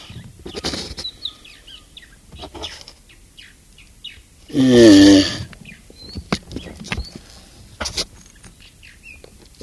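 Galapagos tortoise groaning call, a single loud rasping bellow midway, amid scattered clicks, taps and faint bird chirps.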